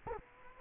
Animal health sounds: mosquito wingbeat signal from an infrared sensor; Culex quinquefasciatus

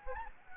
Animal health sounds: mosquito wingbeat signal from an infrared sensor; Anopheles gambiae

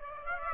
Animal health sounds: mosquito wingbeat signal from an infrared sensor; Aedes aegypti

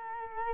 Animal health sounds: mosquito wingbeat signal from an infrared sensor; Culex quinquefasciatus

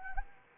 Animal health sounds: mosquito wingbeat signal from an infrared sensor; Anopheles arabiensis

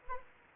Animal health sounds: mosquito wingbeat signal from an infrared sensor; Anopheles arabiensis

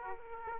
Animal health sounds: mosquito wingbeat signal from an infrared sensor; Aedes aegypti

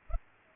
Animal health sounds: mosquito wingbeat signal from an infrared sensor; Culex pipiens

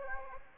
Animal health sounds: mosquito wingbeat signal from an infrared sensor; Anopheles gambiae

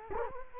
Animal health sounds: mosquito wingbeat signal from an infrared sensor; Culex quinquefasciatus

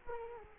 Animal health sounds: mosquito wingbeat signal from an infrared sensor; Culex quinquefasciatus

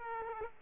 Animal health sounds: mosquito wingbeat signal from an infrared sensor; Aedes aegypti

